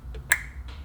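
The EDC (electronic damper control) cable plug on a BMW G87 M2 is pushed into its socket on the shock absorber, white locking tab facing the rear of the car. It seats with a sharp, bright click at 0.3 s, and fainter ticks come at 0.1 s and 0.7 s. The connector is fully in.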